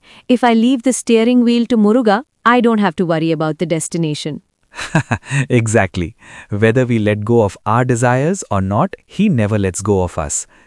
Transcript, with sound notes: If I leave the steering wheel to Muruga, I don’t have to worry about the destination!
(Laughs) Exactly! Whether we let go of our desires or not, He never lets go of us.